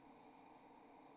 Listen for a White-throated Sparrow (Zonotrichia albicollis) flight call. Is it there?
no